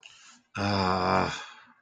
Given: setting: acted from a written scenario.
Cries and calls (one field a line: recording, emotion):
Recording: vocal sound without words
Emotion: guilt